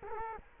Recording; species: mosquito wingbeat signal from an infrared sensor; Culex quinquefasciatus